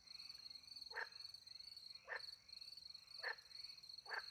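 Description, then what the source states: Frog calls, four short bright croaks spaced about a second apart, over a steady high cricket trill. Frogs with crickets at night in the countryside by a little pond, France; microphones hidden in a tree near the pond; two Usi pro microphones into a Mixpre 10 II recorder.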